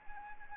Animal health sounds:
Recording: mosquito wingbeat signal from an infrared sensor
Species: Anopheles arabiensis

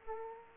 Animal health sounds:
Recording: mosquito wingbeat signal from an infrared sensor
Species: Aedes aegypti

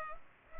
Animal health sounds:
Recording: mosquito wingbeat signal from an infrared sensor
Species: Culex pipiens

